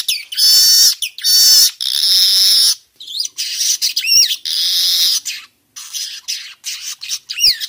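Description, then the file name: Weaver singing a rasping, noisy chatter with twisting whistled slurs, broken into irregular bursts of differing length. Young bird, in forest. "Suara kicau burung manyar muda hutan"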